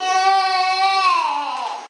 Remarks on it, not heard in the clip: A drawn-out groaning sound with emphasis on the R. It means your baby has some bowel discomfort, probably from lower gas. This sound comes from the tummy. It sounds like trying to push out a poo, because that's basically what the reflex is doing.